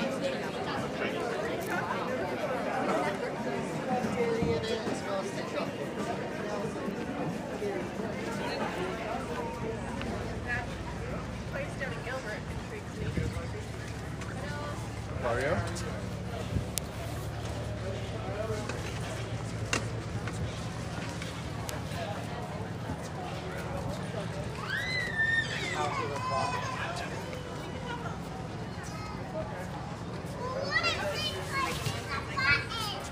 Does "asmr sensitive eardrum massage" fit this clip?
no